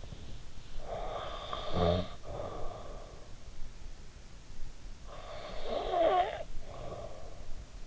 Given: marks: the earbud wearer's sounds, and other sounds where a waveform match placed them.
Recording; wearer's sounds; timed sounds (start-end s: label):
sounds in sleep by an in-ear microphone; snoring breath
0.32-3.64 s: snoring breath
4.84-7.86 s: snoring breath